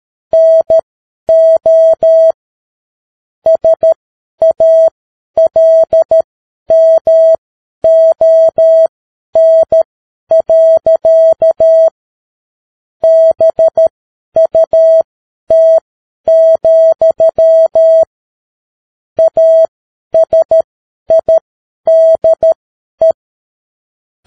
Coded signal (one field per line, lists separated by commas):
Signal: Morse code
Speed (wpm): 13 wpm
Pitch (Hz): 650 Hz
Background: none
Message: NO SALMON. BUT, ASIDE